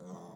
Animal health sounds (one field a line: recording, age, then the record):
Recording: pig call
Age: piglet (1 to 25 days)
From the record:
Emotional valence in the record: negative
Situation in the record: long isolation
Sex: male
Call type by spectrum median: low-frequency call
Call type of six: low-frequency modulated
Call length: 0.36 s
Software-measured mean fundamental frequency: 47 Hz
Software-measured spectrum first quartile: 198 Hz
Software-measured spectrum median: 412 Hz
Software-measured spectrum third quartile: 824 Hz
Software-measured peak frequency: 182 Hz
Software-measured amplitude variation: 100 dB a second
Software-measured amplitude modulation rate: 15.4 a second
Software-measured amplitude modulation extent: 6.5 dB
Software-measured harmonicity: 1.7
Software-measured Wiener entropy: 0.01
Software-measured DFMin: 1333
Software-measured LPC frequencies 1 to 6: 448, 973, 3435, 5884, 6288, 7255 Hz